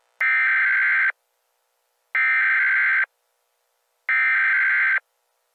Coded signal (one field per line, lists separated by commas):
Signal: Emergency Alert System (SAME) tones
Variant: header bursts